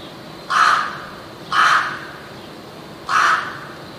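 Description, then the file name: Rook calling with three rough, drawn-out caws, the first two close together and the third after a longer pause. "gawron"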